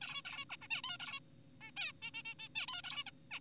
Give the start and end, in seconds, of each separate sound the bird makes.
0.01-0.22, 0.25-0.45, 0.50-0.57, 0.61-0.67, 0.71-0.82, 0.84-0.97, 1.00-1.20, 1.61-1.71, 1.77-1.92, 2.02-2.11, 2.14-2.23, 2.25-2.35, 2.39-2.48, 2.55-2.67, 2.68-2.82, 2.84-3.04, 3.07-3.11, 3.31-3.40